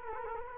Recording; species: mosquito wingbeat signal from an infrared sensor; Culex quinquefasciatus